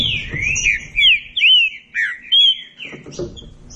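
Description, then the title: Green-winged saltator song: loud, slurred whistled phrases, falling and rising, given in quick bursts, with faint higher chips above and low rumbling noise at the start and end. Classic song style (canto clássico) used as a training recording. "Canto Clássico Trinca Ferro TREINAMENTO"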